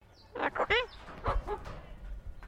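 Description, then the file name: Sulphur-crested cockatoo talking, a quick run of hoarse, speech-like syllables. "BIRD COCKATOO SULPHA CRESTED TALKING"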